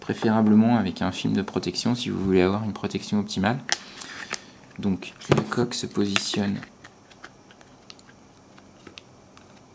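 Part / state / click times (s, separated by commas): protective case onto smartphone / not seated / none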